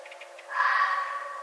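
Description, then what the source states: Red fox rough, breathy shriek that swells and fades over about a second, after a few faint quick pulsed notes. Recorded on 11 November 2011.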